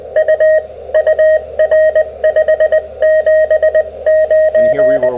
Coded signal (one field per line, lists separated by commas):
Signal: Morse code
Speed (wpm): 20 wpm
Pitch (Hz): 630 Hz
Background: radio noise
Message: U UR 579